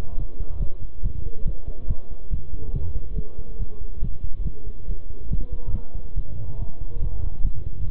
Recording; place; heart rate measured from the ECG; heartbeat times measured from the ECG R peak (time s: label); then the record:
heart sounds by stethoscope; between the tricuspid and mitral areas; 140 bpm
0.18 s: heartbeat
0.60 s: heartbeat
1.03 s: heartbeat
1.46 s: heartbeat
1.88 s: heartbeat
2.31 s: heartbeat
2.74 s: heartbeat
3.17 s: heartbeat
3.60 s: heartbeat
4.02 s: heartbeat
4.45 s: heartbeat
4.89 s: heartbeat
5.31 s: heartbeat
5.74 s: heartbeat
6.17 s: heartbeat
6.59 s: heartbeat
7.02 s: heartbeat
7.45 s: heartbeat
7.87 s: heartbeat
From the record:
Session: bicycle stress test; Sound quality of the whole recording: good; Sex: male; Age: 23 years